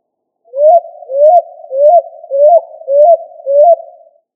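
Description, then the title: Pigeon call, six soft rising hoots, each ending in a brief upward flick, delivered at a steady rhythm with no other sounds. "Familia ColumbidaePomba"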